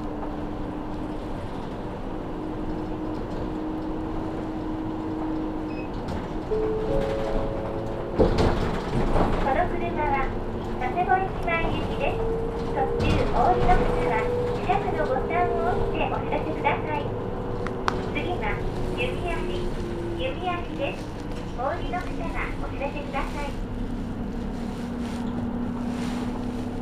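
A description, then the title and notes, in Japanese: A Saihi bus rolls toward Sasebo Station, its engine tone steady then rising and falling, while passengers chatter busily through the middle stretch. 西肥バス 弓張岳展望台→佐世保駅。続々と佐世保市内に向かう人が乗ってきます。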